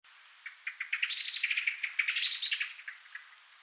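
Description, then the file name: Eurasian blackbird calls, a rapid run of short chipping notes rising into two louder bursts of chattering, then slowing and fading. "Turdus merula"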